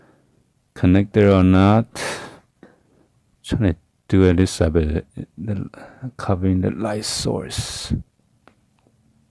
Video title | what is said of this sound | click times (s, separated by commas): Fix & Replace Rear Camera iPhone 6 6s 6+ 6s+ Plus Similar Methods! 12 6 2017 | Okay, see? I can hear the click. | 8.5 s